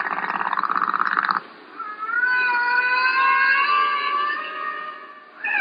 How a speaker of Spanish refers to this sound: y puso una grabación. Quedé maravillado. Nunca había escuchado algo igual del mundo salvaje, ni siquiera parecido. Era absolutamente hermoso. Estaba anonadado. ¿Dices que es una ballena jorobada? Y él contestó sí.